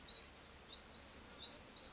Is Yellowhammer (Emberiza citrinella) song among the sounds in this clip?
no